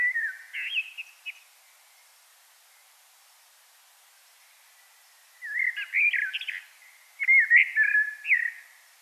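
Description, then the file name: Common blackbird singing three separate fluty warbled phrases, with a long silent pause after the first. "Turdus merula"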